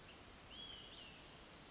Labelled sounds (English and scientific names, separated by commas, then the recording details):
Olive-sided Flycatcher (Contopus cooperi)
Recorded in Sonoma County, California